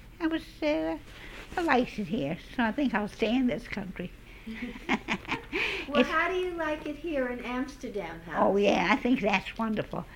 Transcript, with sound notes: I was, I liked it here, so I think I'll stay in this country. ( she laughs )
Well, how do you like it here in Amsterdam House?
Oh, yeah, I think that's wonderful.